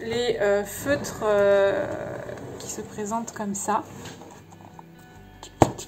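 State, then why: Seated. Someone talks while handling new water-based plastic marker pens, clipping one pen onto another. After the talking fades, a few faint handling ticks lead to one sharp click at 5.6 s as the pens clip together and seat.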